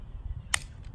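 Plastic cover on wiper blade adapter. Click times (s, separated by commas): 0.5 s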